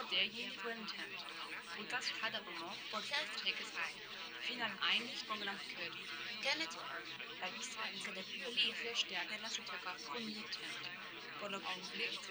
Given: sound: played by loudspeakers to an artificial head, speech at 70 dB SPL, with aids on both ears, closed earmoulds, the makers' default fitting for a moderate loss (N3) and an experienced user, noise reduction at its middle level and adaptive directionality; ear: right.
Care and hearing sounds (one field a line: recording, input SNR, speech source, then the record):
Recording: speech test signal (ISTS) in cocktail-party noise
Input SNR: -3 dB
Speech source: on the right (90 degrees)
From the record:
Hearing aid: class 2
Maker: F